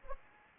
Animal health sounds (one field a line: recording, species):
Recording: mosquito wingbeat signal from an infrared sensor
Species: Anopheles arabiensis